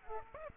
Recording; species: mosquito wingbeat signal from an infrared sensor; Aedes aegypti